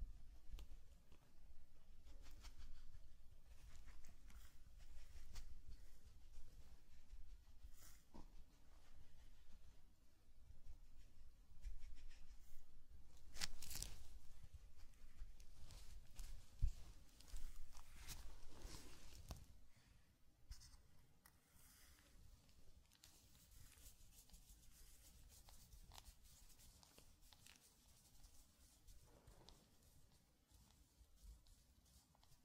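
Sand is brushed and scraped in a Zen garden, a dry, gritty rustle scattered with small taps and clicks, with a sharper knock near thirteen seconds. The scratching stays busy for about twenty seconds, then thins to softer, sparser touches and occasional light taps.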